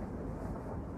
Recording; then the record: background sound without coughing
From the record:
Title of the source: Train Ride Ambience ambient white noise for sleeping, focus, studying, reading